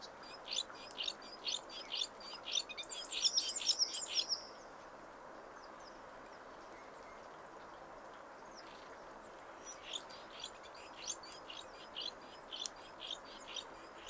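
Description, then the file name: Great tit calls, a quick burst of high chirps and brief wavering notes for about four seconds, then only scattered faint notes. "Parus major"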